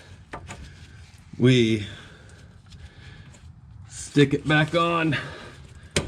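Someone talks while a fuel line quick-connect fitting is pushed back onto the metal hard line under a 2012 Chevy Cruze during a rear fuel line leak fix. Two faint taps sound early on, and a single sharp, loud click rings out at 6.0 s as the fitting latches on and seats.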